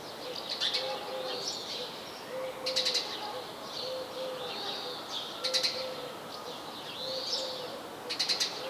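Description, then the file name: House sparrow chirps in quick bursts about every three seconds, with repeated low short notes and sliding thin whistles in the background. "Passer domesticus"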